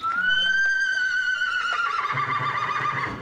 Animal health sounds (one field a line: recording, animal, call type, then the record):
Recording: contact call of a hoofed animal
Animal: horse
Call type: whinny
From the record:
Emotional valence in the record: positive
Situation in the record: reunion with the whole group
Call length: 3.2 s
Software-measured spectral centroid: 2100 Hz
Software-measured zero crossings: 3020 a second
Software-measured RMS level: -24 dBFS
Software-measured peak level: -12 dBFS